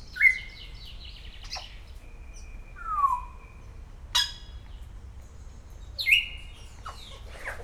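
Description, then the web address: Grey parrot giving a sequence of flat whistles, a downward-sliding whistle and sharp clicks. Szeged Zoo, Hungary, 2011. "allathangok szegedizoo 2011 standardt jakopapagaj folyamatosanaprankent"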